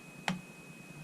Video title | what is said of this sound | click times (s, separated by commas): Installing Fresh windows 10 | Hear it click. | 0.3 s